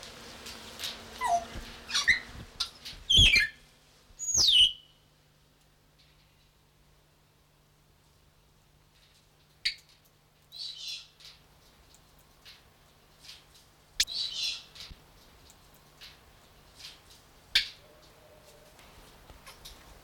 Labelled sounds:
Grey Parrot
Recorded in captivity
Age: adult
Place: Zoo Berlin, Berlin, DE
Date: 1993-10-16
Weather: heiter,3-8°C
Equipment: Marantz CP 430, Sennheiser MKH 416 T, Kopie Uher Variocord 263
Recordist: Tembrock, Günter

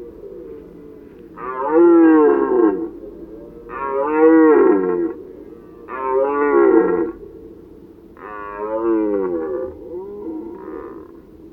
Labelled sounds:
Red Deer call
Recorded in the wild
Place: Glowe, Insel Rügen, Mecklenburg-Vorpommern, DE
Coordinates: 54.566, 13.447
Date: 1977-09-24 19:00
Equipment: Nagra III BH, Sennheiser MD 21, parabola
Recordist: Schubert, Michael

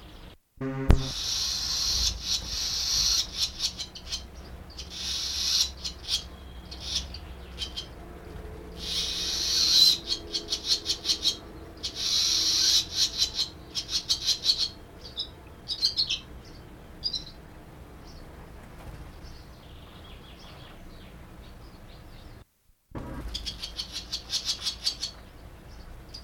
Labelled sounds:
Barn Swallow call
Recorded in the wild
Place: Blumenholz, Mecklenburg-Vorpommern, DE
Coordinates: 53.454, 13.19
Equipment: Nagra III BH, Sennheiser MD 21
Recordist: Schubert, Michael

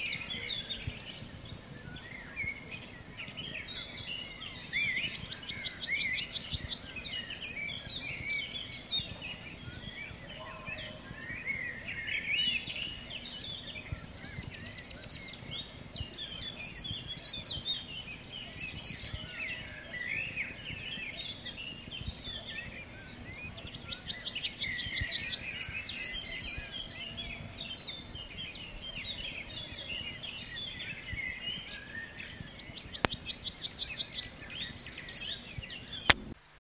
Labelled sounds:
Yellowhammer
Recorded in the wild
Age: adult
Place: Schielleiten, AT
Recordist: Brunner, Thomas
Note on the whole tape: Aufnahme: Mitte Juni, Schielleiten, Steiermark

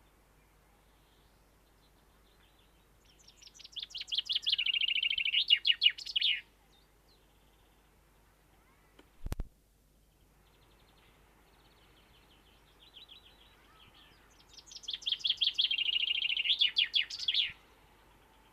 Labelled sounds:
Common Chaffinch
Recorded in the wild
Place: Garmisch-Partenkirchen, Bayern, DE
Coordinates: 47.4931, 11.0636
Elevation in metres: 780
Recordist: Tretzel, Erwin

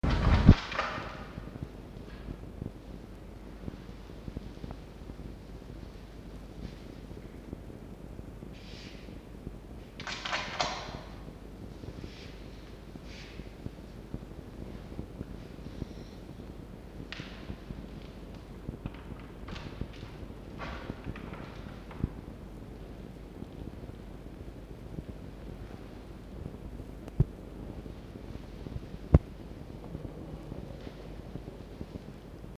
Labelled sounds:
Red Fox
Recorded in captivity
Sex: male
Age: adult
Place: Zoologisches Institut der HUB, Berlin, DE
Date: 1952-06-08 12:00
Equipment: Elmetra
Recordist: Tembrock, Günter
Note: Toni im Mittelzimmer, Jupp kratzt an der Tür. Jupp: Muffen (ohne Fleisch)

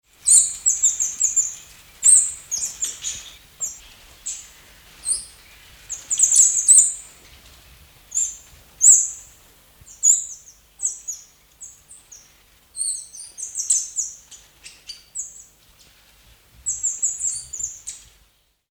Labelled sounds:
Speckled Mousebird
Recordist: Tembrock, Günter
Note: Kurzlaute

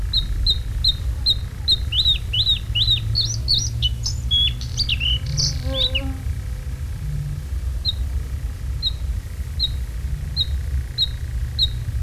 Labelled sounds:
Bluethroat song
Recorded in the wild
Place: Neustadt am Rübenberge, Niedersachsen, DE
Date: 1967-05-27
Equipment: Halbspur, 9,5 cm/s
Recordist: Lütgens, Hans

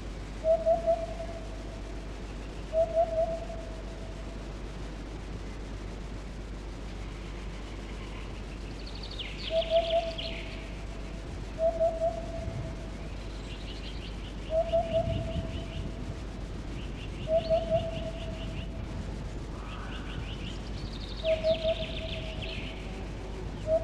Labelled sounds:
Eurasian Hoopoe
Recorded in the wild
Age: adult
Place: Reichwalde, Oberlausitz, Sachsen, DE
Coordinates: 51.3667, 14.6333
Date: 1962-05-12
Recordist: Meyer, Hugo

